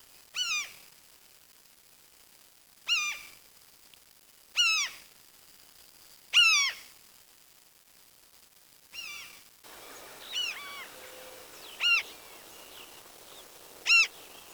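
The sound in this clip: Bird calls: eight short, harmonic notes that dip and rise, given singly at intervals of one to three seconds, with a soft hiss of background noise in the later part.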